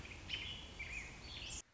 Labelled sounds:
American Robin

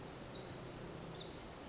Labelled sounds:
Pacific Wren

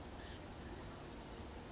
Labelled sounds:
Blue-gray Gnatcatcher

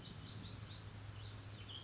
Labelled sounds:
Pacific Wren

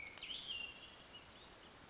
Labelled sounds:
Hermit Thrush

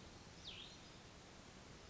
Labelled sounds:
Cassin's Vireo

